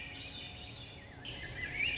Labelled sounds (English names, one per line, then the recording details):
Swainson's Thrush
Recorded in Sonoma County, California